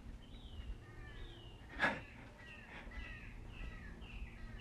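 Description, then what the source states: Birds singing with repeated short whistled phrases sliding downward, plus one harsh burst near the middle and a low steady hum underneath. Birds singing in the morning.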